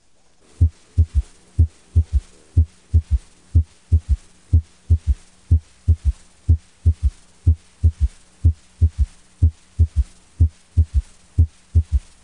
When the right ventricle becomes less compliant, it produces a right-sided S3, which is always considered abnormal. Right-sided S3 is heard best over the third, fourth, and fifth intercostal spaces along the left sternal border, or over the epigastric area. It is more prominent during inspiration. Severe tricuspid insufficiency is one of the conditions associated with a right-sided S3.